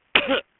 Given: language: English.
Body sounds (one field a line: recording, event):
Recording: throat vibration sensor signal played as sound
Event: cough